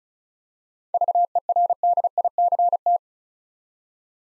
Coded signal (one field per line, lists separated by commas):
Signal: Morse code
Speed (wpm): 36 wpm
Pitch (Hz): 700 Hz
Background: none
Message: VERDICT